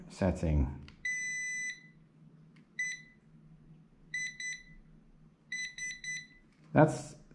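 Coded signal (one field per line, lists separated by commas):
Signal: none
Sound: a metal detector's setting beeps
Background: speech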